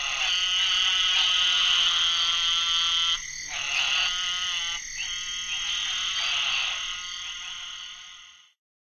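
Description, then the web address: Eastern narrow-mouthed toad giving a long, nasal, high buzzing drone that runs unbroken for about three seconds, then breaks into two further buzzes before fading. "Songs of Frogs Toads of North America. Eastern Narrowmouth Toad"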